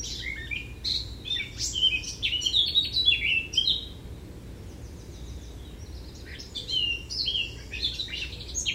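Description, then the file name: Eurasian blackcap song, a long rich warble in the first four seconds, a quieter pause, then another fluting phrase. "Sylvia atricapilla"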